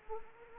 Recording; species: mosquito wingbeat signal from an infrared sensor; Anopheles arabiensis